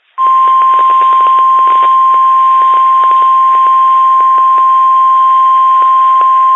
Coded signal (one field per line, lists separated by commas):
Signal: Emergency Alert System (SAME) tones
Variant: 1050 Hz attention tone